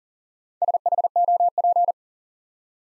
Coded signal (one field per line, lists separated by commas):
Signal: Morse code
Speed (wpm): 40 wpm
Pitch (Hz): 700 Hz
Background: none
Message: SHOP